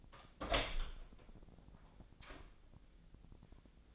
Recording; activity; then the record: daily activity, microphone in the room; open door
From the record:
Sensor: 5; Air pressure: 1009.2 hPa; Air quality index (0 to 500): 164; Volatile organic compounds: 2 ppm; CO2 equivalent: 1253 ppm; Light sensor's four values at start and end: 153/362/154/167 and 152/360/153/166